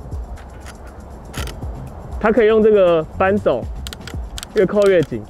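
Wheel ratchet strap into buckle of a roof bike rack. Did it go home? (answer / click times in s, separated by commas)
yes / 1.5 s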